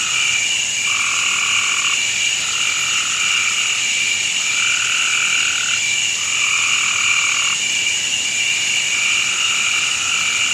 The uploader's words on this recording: Forest Night Nature Sounds for Sleeping or Studying.